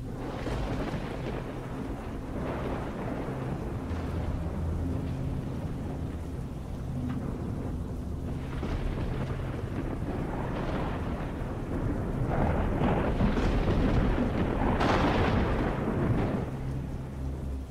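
A deep, sustained rumble of thunder from a lightning strike rolls over steady rain, swelling into louder crackling bursts toward the end before easing slightly. No voices are heard.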